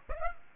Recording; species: mosquito wingbeat signal from an infrared sensor; Aedes aegypti